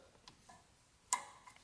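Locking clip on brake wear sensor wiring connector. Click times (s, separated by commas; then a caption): 1.1 s. On a GMC Sierra 1500 rear brake job, the new brake wear sensor is pressed into its wiring connector and the plastic locking clip is pushed back in. A couple of faint ticks come at about 0.3 s and 1.6 s, while the clip snaps shut with one sharp, bright click at 1.1 s. The connector is locked and good to go.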